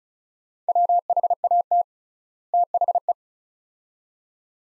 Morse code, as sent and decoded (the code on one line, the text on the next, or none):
.-- .... .- - / - .... .
WHAT THE